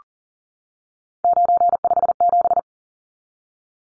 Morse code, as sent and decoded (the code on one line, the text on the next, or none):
----. ..... --...
957